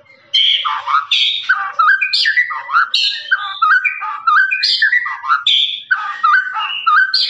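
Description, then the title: Lovebird song: rapid squeaky chattering in short bursts that leap between high and lower pitches, running on steadily after a brief opening silence. Long, extended "ngekek" chattering song of a lovebird, used as a master recording for training birds. "FULL DURASI MASTERAN LOVEBIRD NGEKEK PANJANG"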